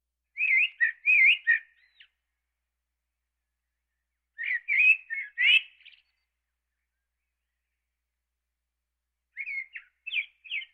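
Eastern blackbird song, three brief warbled whistled phrases separated by pauses of a few seconds, on an otherwise silent background.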